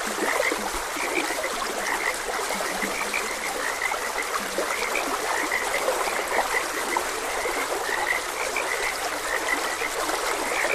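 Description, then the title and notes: Frogs calling together in a thick stream of short, repeated croaks, mixed with continuous flowing water. Frogs croaking beside a gentle stream. "Gentle Stream and Frogs Croaking. Sleep and Relaxation Podcast"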